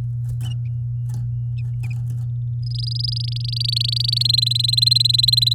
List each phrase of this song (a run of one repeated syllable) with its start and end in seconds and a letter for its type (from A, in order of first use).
2.63-4.23 A, 4.24-5.54 B